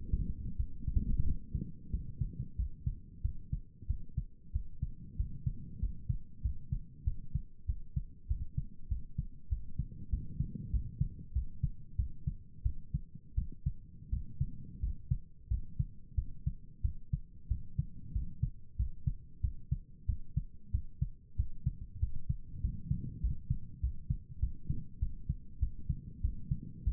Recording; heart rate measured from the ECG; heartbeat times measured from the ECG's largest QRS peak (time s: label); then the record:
heart sounds by stethoscope; 94 bpm
0.56 s: heartbeat
1.23 s: heartbeat
1.90 s: heartbeat
2.55 s: heartbeat
3.21 s: heartbeat
3.86 s: heartbeat
4.51 s: heartbeat
5.16 s: heartbeat
5.79 s: heartbeat
6.41 s: heartbeat
7.04 s: heartbeat
7.65 s: heartbeat
8.27 s: heartbeat
8.88 s: heartbeat
9.48 s: heartbeat
10.09 s: heartbeat
10.70 s: heartbeat
11.32 s: heartbeat
11.96 s: heartbeat
12.62 s: heartbeat
13.35 s: heartbeat
14.09 s: heartbeat
14.80 s: heartbeat
15.48 s: heartbeat
16.15 s: heartbeat
16.81 s: heartbeat
17.47 s: heartbeat
18.12 s: heartbeat
18.76 s: heartbeat
19.41 s: heartbeat
20.06 s: heartbeat
20.71 s: heartbeat
21.36 s: heartbeat
21.99 s: heartbeat
22.61 s: heartbeat
23.20 s: heartbeat
23.80 s: heartbeat
24.39 s: heartbeat
24.99 s: heartbeat
25.59 s: heartbeat
26.21 s: heartbeat
26.83 s: heartbeat
From the record:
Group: healthy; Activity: rest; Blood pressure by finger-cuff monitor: 97/67 mmHg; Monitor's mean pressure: 77 mmHg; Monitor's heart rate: 93 bpm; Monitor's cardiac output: 7.5 L/min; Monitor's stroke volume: 81 mL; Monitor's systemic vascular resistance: 720 dyn s/cm5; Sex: male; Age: 19 years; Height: 178 cm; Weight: 83 kg